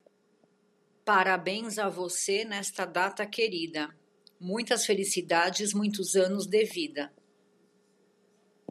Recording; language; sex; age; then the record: short text; Brazilian Portuguese; female; 50 to 59 years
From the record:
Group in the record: control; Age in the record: 53 years